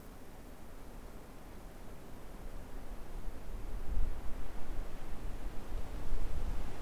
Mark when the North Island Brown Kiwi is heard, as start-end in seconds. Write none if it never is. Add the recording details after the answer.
none. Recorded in New Zealand on 6 February 2013. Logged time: 23:58. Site DQ55